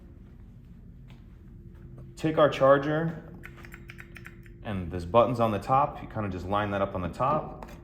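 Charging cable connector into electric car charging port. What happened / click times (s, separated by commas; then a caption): The connector was handled and lined up but not yet seated / none. Someone talks while holding an EV charging cable connector, button on top, lined up with the charging port of a 2022–2023 Polestar 2, with a few light, brief handling taps between 3.4 and 4.3 seconds. The connector is not pushed home yet, and nothing has seated or clicked.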